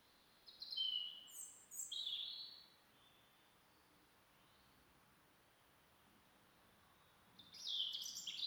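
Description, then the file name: European robin song: several high thin warbled phrases in the first seconds, a quiet gap, then another sparkling high phrase at the end. "Erithacus rubecula"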